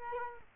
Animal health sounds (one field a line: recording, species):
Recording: mosquito wingbeat signal from an infrared sensor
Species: Culex quinquefasciatus